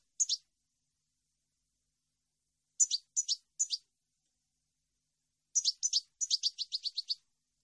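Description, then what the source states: European goldfinch singing short clusters of bright, high twittering notes with long silent gaps, finishing with a fast run of tinkling chips. Clean, noise-free goldfinch song issued on a CD, intended as a model for birds to copy.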